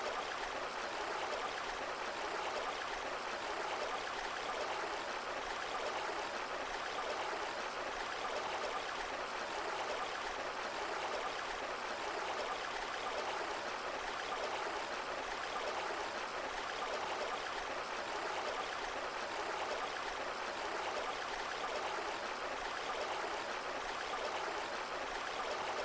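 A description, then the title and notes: Forest sounds: steady running water, like a stream, fills the whole clip with a dense, even rush. The flow is bright and hissy with a softer mid-range burble, and it holds constant with no distinct events or pauses. Forest Nature Sounds For Deep Sleep.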